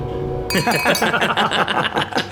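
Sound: glasses clinking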